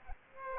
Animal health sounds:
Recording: mosquito wingbeat signal from an infrared sensor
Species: Aedes aegypti

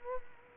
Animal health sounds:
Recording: mosquito wingbeat signal from an infrared sensor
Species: Culex quinquefasciatus

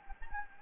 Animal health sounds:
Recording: mosquito wingbeat signal from an infrared sensor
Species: Anopheles gambiae

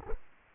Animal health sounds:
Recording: mosquito wingbeat signal from an infrared sensor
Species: Culex quinquefasciatus

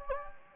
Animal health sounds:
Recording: mosquito wingbeat signal from an infrared sensor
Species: Anopheles gambiae

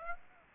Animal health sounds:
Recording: mosquito wingbeat signal from an infrared sensor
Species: Aedes aegypti

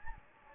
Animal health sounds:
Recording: mosquito wingbeat signal from an infrared sensor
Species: Anopheles gambiae

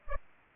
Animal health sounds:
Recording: mosquito wingbeat signal from an infrared sensor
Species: Aedes aegypti

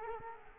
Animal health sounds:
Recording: mosquito wingbeat signal from an infrared sensor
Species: Culex quinquefasciatus

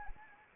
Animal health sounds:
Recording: mosquito wingbeat signal from an infrared sensor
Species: Anopheles arabiensis

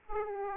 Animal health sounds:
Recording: mosquito wingbeat signal from an infrared sensor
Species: Aedes aegypti

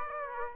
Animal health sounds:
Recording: mosquito wingbeat signal from an infrared sensor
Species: Aedes aegypti

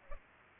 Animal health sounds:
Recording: mosquito wingbeat signal from an infrared sensor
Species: Culex pipiens

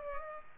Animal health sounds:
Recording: mosquito wingbeat signal from an infrared sensor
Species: Culex pipiens

